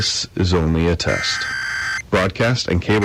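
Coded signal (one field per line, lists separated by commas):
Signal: Emergency Alert System (SAME) tones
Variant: header bursts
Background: speech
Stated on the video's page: National Periodic Test heard on WTOP-FM 103.5 MHz; attention tone and header aired twice by mistake.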